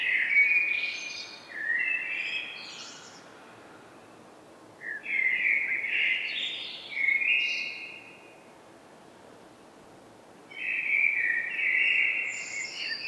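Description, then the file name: Common blackbird song, repeated warbled fluting phrases with squeaky high-pitched endings, three bursts separated by pauses of a few seconds, faint hiss behind. "Turdus merula"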